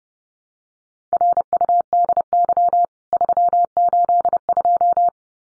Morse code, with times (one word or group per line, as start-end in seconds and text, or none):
1.1-2.9 RUDY
3.1-5.1 382